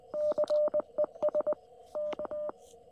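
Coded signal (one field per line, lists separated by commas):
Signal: Morse code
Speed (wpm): 21 wpm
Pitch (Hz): 600 Hz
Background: radio noise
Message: CES K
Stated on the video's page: Park activation in CW with a QRP Labs QMX, QRP on 20m and 50W amplifier on 40m, into a LilDude6 V2 and 40m EFHW inverted V.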